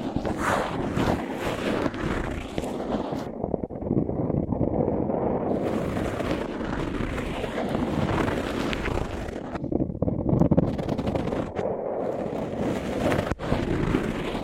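Microphones covered with tape are rubbed and handled, giving a continuous, dense, muffled rumble with crinkly scratching. The level stays steady, but the bright scratchy layer drops away to a duller rub around 3 to 5 seconds and briefly near 10 and 12 seconds.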